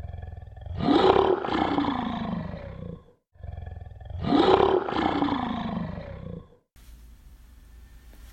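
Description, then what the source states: Lion roaring: two long deep rasping roars, each lasting about three seconds, then a quiet stretch with faint background hiss. Played as a mystery sound; called the fearsome lion, Africa's greatest wildcat.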